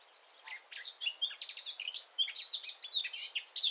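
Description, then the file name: Eurasian blackcap delivering a scratchy, chattering warble of rapid high notes, starting softly and building. "Sylvia atricapilla"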